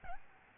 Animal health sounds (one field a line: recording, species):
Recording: mosquito wingbeat signal from an infrared sensor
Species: Aedes albopictus